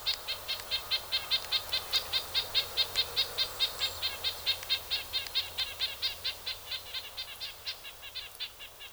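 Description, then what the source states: Red-breasted Nuthatch calling in a long, rapid run of short nasal notes, regular at first, then fading slightly and growing less even toward the end. Visiting the Ozarks from last fall through winter into spring; usually stays far north in spruce and fir forests.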